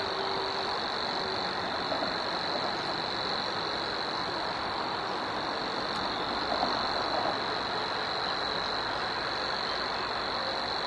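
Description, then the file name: Savi's warbler, a long even reel, a dry insect-like buzz sustained from start to end, with busy background noise. Recorded at Zakole Wawerskie on 3 May 2012 at 7:31. "2012-05-03-zakole-wawerskie-7-31-brzeczka"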